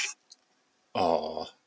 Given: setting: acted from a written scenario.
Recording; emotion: vocal sound without words; adoration